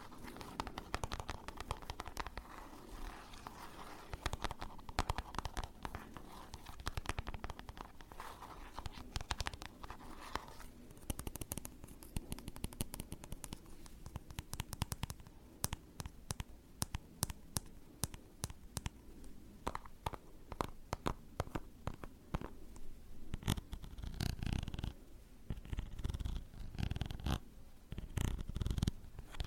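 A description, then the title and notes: Tapping fills the recording, a dense run of sharp clicks landing several times a second on a low rumbling bed. The first ten seconds are murkier with a soft hum, then the taps grow crisper and brighter, with louder clusters near the end. Tapping. In dieser Folge tippe ich für pure Entspannung, auf verschiedenen Gegenständen.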